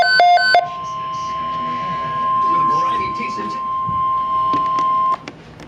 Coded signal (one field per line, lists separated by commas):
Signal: Emergency Alert System (SAME) tones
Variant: 1050 Hz attention tone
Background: speech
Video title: Severe Thunderstorm Watch (EAS #117)